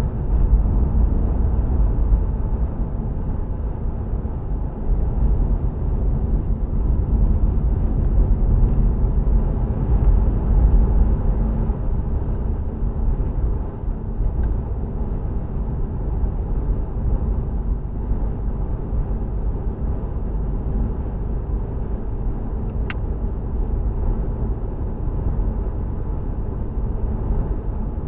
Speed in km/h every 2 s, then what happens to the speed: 63, 60, 53, 55, 58, 61, 60, 58, 58, 58, 60, 60, 61, 61.
0-5 slows to 53. 5-28 steady at about 60.